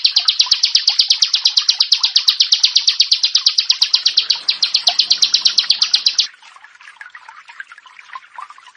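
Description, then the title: Bar-winged prinia song, a rapid series of sharp, high chips lasting about six seconds, then stopping, leaving faint softer chirps. "Ciblek Sawah"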